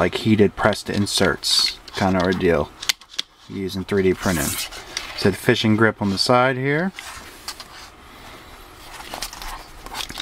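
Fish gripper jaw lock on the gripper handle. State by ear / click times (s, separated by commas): seated / 10.2 s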